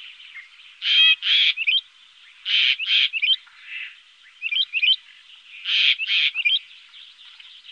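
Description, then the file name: Common starling song: pairs of harsh buzzy bursts, each followed by quick twittering notes, repeated a few times over a faint steady hiss. "Stare"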